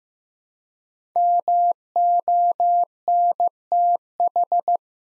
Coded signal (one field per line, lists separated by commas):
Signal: Morse code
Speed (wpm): 15 wpm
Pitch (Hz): 700 Hz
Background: none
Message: MONTH